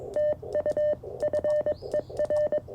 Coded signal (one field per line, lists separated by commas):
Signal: Morse code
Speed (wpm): 17 wpm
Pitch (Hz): 590 Hz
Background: radio noise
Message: TU FER